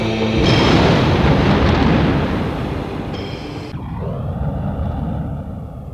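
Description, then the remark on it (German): A loud, deep rumbling roar of a winter thunderstorm over the city rolls on, swelling and fading, with heavy booms of cannon shots from the Moldau river bursting through the storm noise. No voices are heard. “Ein Wintergewitter in seiner ganzen besinnungslosen Wut raste über die Stadt hinweg. Kanonenschüsse von der Moldau her.”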